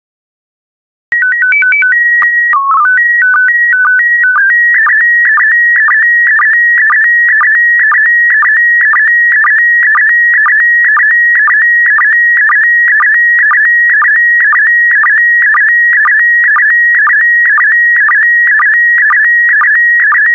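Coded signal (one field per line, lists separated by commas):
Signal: SSTV (slow-scan television)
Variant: PD120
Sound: short beeping start tones, then a steady warbling whine with regular clicks twice a second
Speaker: The next image transmission will start in 10 seconds.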